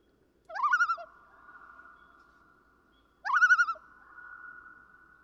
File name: Common Loon